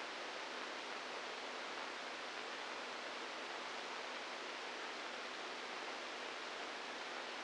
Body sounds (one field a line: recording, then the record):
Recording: brain microelectrode recording played as sound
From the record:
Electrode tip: outside the subthalamic nucleus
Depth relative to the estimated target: -3 mm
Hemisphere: right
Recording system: NeuroSet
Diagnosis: Parkinson's disease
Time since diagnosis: 8 years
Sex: male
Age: 46 years